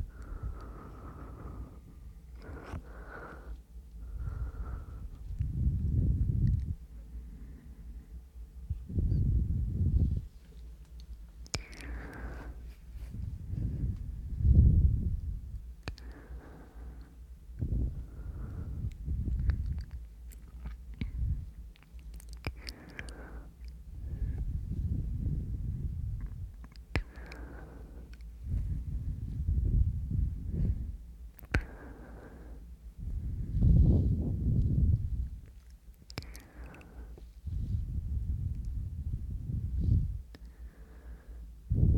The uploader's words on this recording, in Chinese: 口腔音+呼吸，asmr。